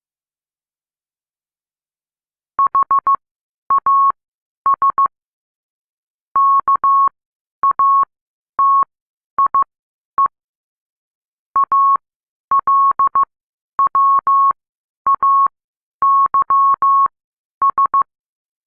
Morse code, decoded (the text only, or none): HAS KATIE ALWAYS